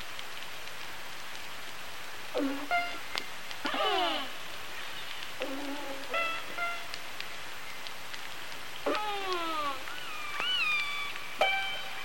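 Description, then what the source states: Killer whale calls, a series of harmonic tones with sweeping upward and downward slides, several calls over faint underwater hiss. Resident killer whale I15, G-clan; calls described as pings.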